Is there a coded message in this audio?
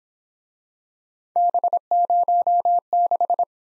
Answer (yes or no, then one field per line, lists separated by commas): yes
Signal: Morse code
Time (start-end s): 1.4-3.4 s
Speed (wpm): 25 wpm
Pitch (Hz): 700 Hz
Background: none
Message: B06